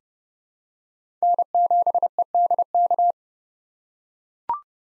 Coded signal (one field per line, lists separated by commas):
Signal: Morse code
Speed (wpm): 30 wpm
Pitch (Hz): 700 Hz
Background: none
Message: N7EDK